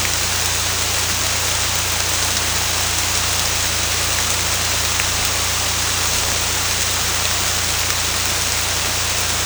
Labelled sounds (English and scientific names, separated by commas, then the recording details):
none
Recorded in secondary vegetation near Puerto Asís, Putumayo, Colombia, on 18 December 2024 at 23:00
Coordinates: 0.485, -76.322
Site GP08